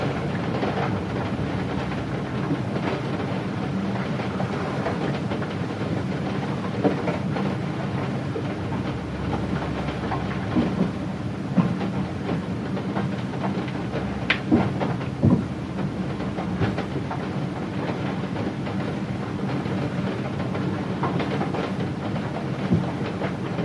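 Heavy rain hits a window in a dense, steady, low rushing wash, with scattered taps and two sharper knocks around fifteen seconds.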